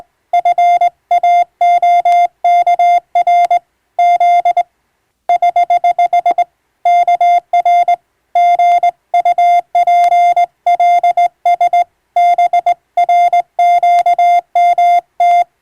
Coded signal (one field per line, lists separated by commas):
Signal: Morse code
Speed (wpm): 20 wpm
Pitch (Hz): 700 Hz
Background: none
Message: FAOKR Z <HH> KR GUPLS BRQMT